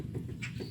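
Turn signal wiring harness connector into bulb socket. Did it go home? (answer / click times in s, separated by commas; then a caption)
no / none. A plastic turn signal wiring harness connector is handled as it is pushed toward the front turn signal bulb socket of a 2016 Jeep Wrangler JK. Low rumbling handling noise runs throughout, with a brief brighter scrape around 0.4 to 0.5 seconds. Nothing has seated or clicked yet.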